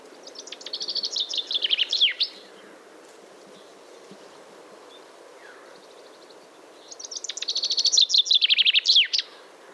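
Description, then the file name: Common chaffinch singing two complete songs separated by a few seconds of quiet, each a quickening, descending run of bright notes ending in a sharp terminal flourish. "Fringilla coelebs"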